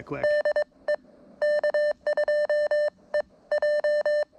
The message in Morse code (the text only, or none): DE K2EJ